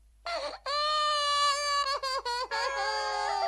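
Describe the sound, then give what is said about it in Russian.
A child cries loudly in long, high, wavering wails, broken by a few short catches of breath near the end. No one speaks over it. “Тише, тише. Вот тебе мороженое, и только не плачь.”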